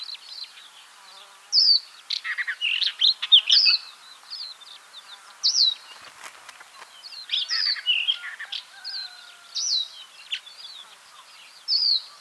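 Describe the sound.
Capped wheatear song: bursts of squeaky, chattering notes and sharp high whistles delivered in quick, irregular phrases with short pauses between them.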